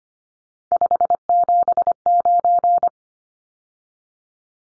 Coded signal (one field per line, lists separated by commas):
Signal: Morse code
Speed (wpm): 25 wpm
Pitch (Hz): 700 Hz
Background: none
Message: 579